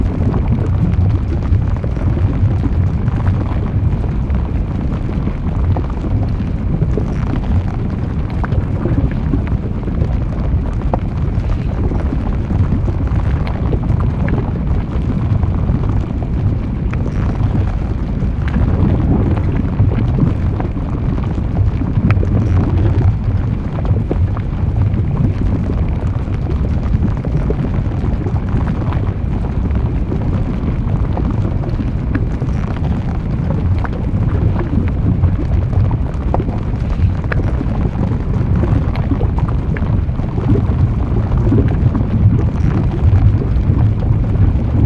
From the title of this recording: Lava with volcano eruptions sounds